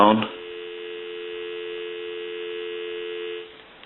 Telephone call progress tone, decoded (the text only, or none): dial tone